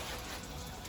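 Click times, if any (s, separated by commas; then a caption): none. On a 2013 Jayco 33RLDS travel trailer, the entry door is swung open against the side wall so its T-shaped catch can slide into the wall-mounted keeper, a metal or plastic latch that holds the door open. Only a steady, even hiss like rain is heard, with no distinct click. The catch has not seated in the keeper yet.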